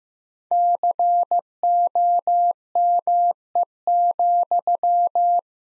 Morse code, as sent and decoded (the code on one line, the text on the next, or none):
-.-. --- -- . --..--
COME,